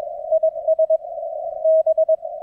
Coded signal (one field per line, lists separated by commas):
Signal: Morse code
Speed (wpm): 22 wpm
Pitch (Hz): 640 Hz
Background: radio noise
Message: IS B